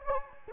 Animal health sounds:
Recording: mosquito wingbeat signal from an infrared sensor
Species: Anopheles gambiae

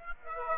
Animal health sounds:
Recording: mosquito wingbeat signal from an infrared sensor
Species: Aedes aegypti

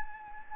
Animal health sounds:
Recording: mosquito wingbeat signal from an infrared sensor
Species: Anopheles gambiae

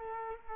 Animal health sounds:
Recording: mosquito wingbeat signal from an infrared sensor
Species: Culex quinquefasciatus

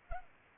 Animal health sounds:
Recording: mosquito wingbeat signal from an infrared sensor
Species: Culex pipiens

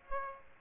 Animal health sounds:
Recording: mosquito wingbeat signal from an infrared sensor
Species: Aedes aegypti

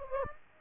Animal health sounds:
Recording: mosquito wingbeat signal from an infrared sensor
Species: Aedes aegypti

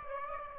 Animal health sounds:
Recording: mosquito wingbeat signal from an infrared sensor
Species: Aedes aegypti

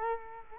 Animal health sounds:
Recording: mosquito wingbeat signal from an infrared sensor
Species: Culex quinquefasciatus

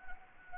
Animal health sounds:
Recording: mosquito wingbeat signal from an infrared sensor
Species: Anopheles gambiae

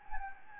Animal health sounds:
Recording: mosquito wingbeat signal from an infrared sensor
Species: Anopheles gambiae

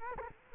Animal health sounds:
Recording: mosquito wingbeat signal from an infrared sensor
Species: Culex quinquefasciatus

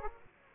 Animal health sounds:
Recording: mosquito wingbeat signal from an infrared sensor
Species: Aedes aegypti

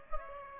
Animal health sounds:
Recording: mosquito wingbeat signal from an infrared sensor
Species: Aedes aegypti

